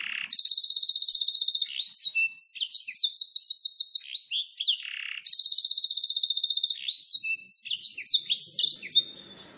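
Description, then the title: Canary, two long rapid rattling trills, each followed by a tumble of high whistled notes and chirps, fading out at the end. Domestic canary with a long, very active song meant for training other canaries and luring wild canaries. "Pikat Kenari GACOR PANJANG INI Cocok Untuk Masteran KENARI LIAR"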